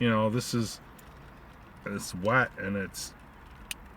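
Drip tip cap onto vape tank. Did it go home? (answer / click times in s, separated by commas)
yes / 3.7 s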